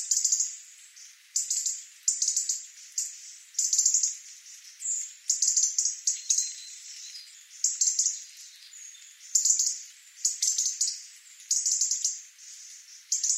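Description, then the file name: European robin producing many repeated high, sharp twittering phrases with short gaps, steady throughout. "Erithacus rubecula"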